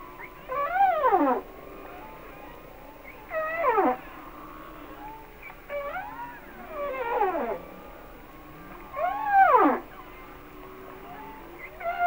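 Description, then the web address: Humpback whale song: a series of loud falling wails, four phrases spaced a few seconds apart, with fainter squeaks and moans between. "Natures Songs Whale Songs Sounds of Nature - Humpback Whales"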